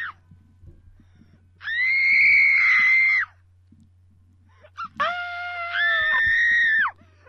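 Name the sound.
person screaming loudly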